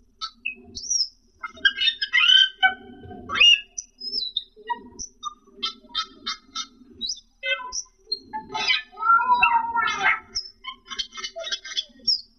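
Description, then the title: Asian glossy starling song: jumbled squeaks, chatters and slurred whistles in quick, irregular bursts, with soft low rumbling underneath. "Suara Burung Cucak keling"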